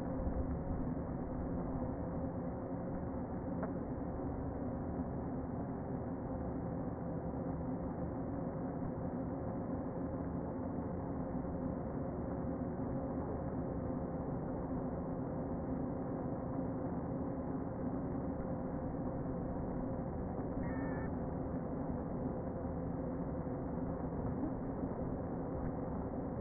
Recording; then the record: honeybee colony, microphone inside the hive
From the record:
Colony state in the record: queen present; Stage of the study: before two queens were removed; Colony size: about 60,000 bees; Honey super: yes